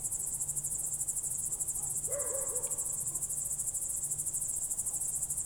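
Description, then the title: Cricket: high, even, buzzing pulses of crickets run throughout; a single lower wavering call appears near the middle. Night crickets outside the window, heard from bed late in the evening, Goworów, Poland, night of 18 July 2022, World Listening Day; recorded on Zoom F4 with AT BP4025. "Goworów 6, 57-515, Poland - World Listening Day/Night 18/07/2022-night crickets"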